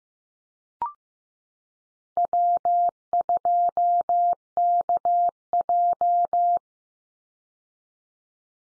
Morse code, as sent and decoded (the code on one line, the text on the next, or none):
.-- ..--- -.- .---
W2KJ